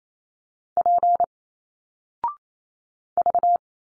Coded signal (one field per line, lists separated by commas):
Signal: Morse code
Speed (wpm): 27 wpm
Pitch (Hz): 700 Hz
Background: none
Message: P V